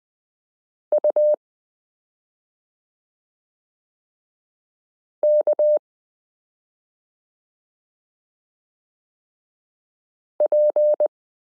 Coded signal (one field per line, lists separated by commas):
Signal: Morse code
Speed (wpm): 20 wpm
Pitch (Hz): 600 Hz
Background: none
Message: U K P